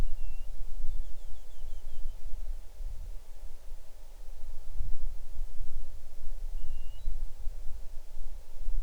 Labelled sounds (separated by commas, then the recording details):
bird
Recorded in the Arctic National Wildlife Refuge, Alaska, on 6 July 2019 at 00:55
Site 39